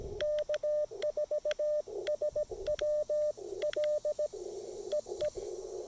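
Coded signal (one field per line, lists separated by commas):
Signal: Morse code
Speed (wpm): 18 wpm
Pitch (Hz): 600 Hz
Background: radio noise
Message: K4SWL EE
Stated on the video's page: QRP Parks on the Air activation at a state park, working DX amid interference (QRM).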